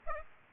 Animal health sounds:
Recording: mosquito wingbeat signal from an infrared sensor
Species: Aedes aegypti

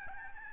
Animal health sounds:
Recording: mosquito wingbeat signal from an infrared sensor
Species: Aedes albopictus

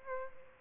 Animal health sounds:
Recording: mosquito wingbeat signal from an infrared sensor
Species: Aedes albopictus

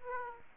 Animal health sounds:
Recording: mosquito wingbeat signal from an infrared sensor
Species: Aedes aegypti

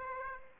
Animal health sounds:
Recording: mosquito wingbeat signal from an infrared sensor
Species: Aedes aegypti

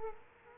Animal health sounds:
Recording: mosquito wingbeat signal from an infrared sensor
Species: Culex quinquefasciatus

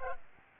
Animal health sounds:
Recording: mosquito wingbeat signal from an infrared sensor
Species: Aedes albopictus

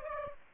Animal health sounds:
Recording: mosquito wingbeat signal from an infrared sensor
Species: Aedes aegypti

